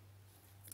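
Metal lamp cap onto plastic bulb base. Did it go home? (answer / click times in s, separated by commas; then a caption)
partly / 0.7 s. A metal screw cap is pushed by hand onto the plastic base of a modified LED bulb, over a steady low hum. A small tick comes at 0.7 s. The cap is only partly on and not fully seated, held back by the old crimp holes.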